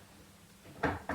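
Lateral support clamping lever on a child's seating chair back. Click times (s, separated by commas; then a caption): 0.8 s, 1.1 s. On a Brookfield paediatric seating chair, the lateral support is slid into position on its bolts on the chair back and its clamping lever is pushed closed to lock it. After a quiet stretch of low hum, two sharp clicks ring out at 0.8 s and 1.1 s as the lever clicks into place. The lever is seated, holding the lateral support secure.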